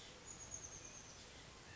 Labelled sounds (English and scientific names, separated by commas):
Oak Titmouse (Baeolophus inornatus)